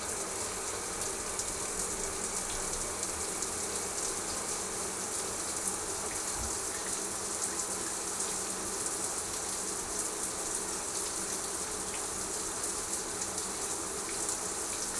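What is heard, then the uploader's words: A morning shower runs steadily, a dense, even hiss of falling water that stays bright and unchanging for the whole stretch. Faint clicks and small knocks rise through the spray, with a brief low thump around the six-second mark. Comforting Morning Shower.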